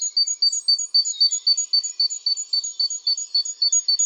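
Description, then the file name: Great tit calls: an unbroken, even series of sharp high notes, around four each second. "Parus major"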